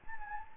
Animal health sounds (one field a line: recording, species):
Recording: mosquito wingbeat signal from an infrared sensor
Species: Anopheles gambiae